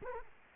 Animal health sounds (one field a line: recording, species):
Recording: mosquito wingbeat signal from an infrared sensor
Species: Culex quinquefasciatus